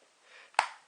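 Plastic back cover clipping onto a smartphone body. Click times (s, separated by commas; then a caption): 0.6 s. A plastic back cover is pressed onto the body of a Pentagram Monster X5 Pro smartphone, with a fair amount of force needed to make the latches catch. After a faint scraping, a small tick at 0.5 s leads into a sharp, bright snap at 0.6 s as the clips engage. The cover is seated.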